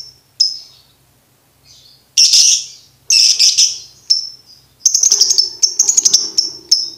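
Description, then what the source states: Lovebird chatter: sharp chirps and loud rasping bursts, building into a continuous shrill trilled stream with a softer lower twitter beneath. Bird-tutoring (masteran) recording no. 2, played for birds to learn ngekek.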